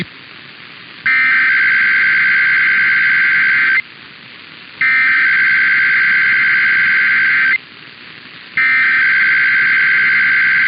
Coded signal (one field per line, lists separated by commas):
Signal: Emergency Alert System (SAME) tones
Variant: header bursts